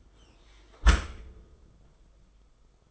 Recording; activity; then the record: daily activity, microphone in the room; close dishwasher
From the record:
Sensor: 5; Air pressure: 990.6 hPa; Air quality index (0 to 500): 166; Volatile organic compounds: 326 ppm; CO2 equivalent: 4536 ppm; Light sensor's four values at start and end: 37/114/44/47 and 37/114/44/47